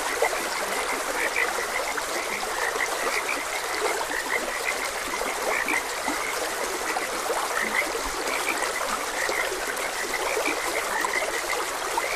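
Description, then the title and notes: Frog croaks, high and rapid, repeat throughout while a stream pours steadily underneath. Frogs croaking beside a gentle stream. "Gentle Stream and Frogs Croaking. Sleep and Relaxation Podcast"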